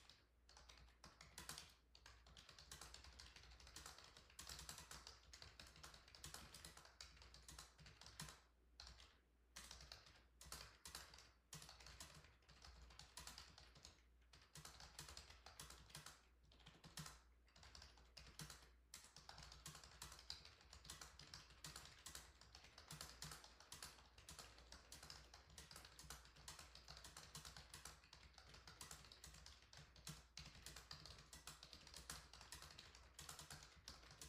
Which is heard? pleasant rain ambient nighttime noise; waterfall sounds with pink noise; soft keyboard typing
soft keyboard typing